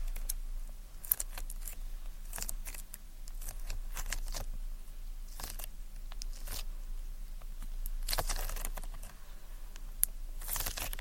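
Ear cleaning with tweezers and a spray bottle: quick, sticky clicks and scratchy crackles come in irregular bursts throughout. A longer hissy spray-like stretch appears around eight seconds and again near the end, with sharp ticks near one and ten seconds over a steady low hum.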